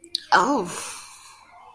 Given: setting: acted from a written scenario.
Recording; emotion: vocal sound without words; negative surprise